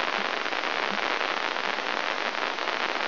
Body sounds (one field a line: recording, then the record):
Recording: brain microelectrode recording played as sound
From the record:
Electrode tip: inside the subthalamic nucleus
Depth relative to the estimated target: 0 mm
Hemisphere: left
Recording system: AlphaMap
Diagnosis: Parkinson's disease